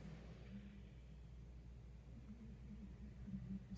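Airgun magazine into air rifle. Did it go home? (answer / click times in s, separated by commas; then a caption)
no / none. A model-specific magazine is slid into a Beeman Chief II 2000 PSI air rifle, a very tight fit that still slides in well. Only a steady low rumble and hum are heard, with faint, soft movement sounds. Nothing has latched or clicked yet.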